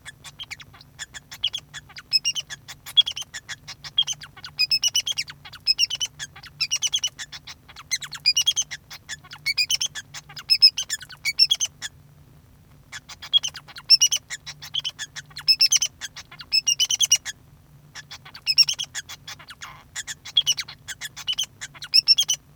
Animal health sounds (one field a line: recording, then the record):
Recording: song of a male Bengalese finch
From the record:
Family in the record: son of father 2